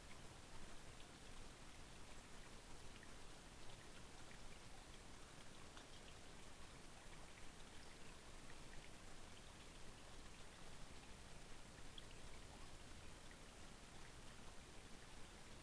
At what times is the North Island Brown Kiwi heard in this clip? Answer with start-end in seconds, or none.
none